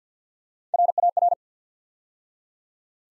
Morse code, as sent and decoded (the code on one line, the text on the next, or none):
.-. .- .-.
RAR